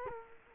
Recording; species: mosquito wingbeat signal from an infrared sensor; Culex quinquefasciatus